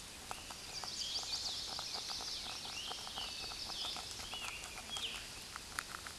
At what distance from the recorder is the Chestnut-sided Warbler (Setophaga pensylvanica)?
about 50 m